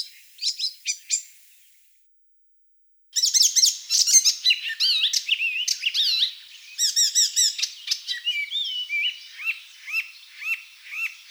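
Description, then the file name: Icterine warbler song: a fast, varied jumble of high chirps, squeaky whistles and twangy notes, with a short pause early on, then repeated clipped notes at the end. "Hippolais icterina"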